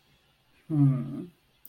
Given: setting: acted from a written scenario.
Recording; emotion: vocal sound without words; confusion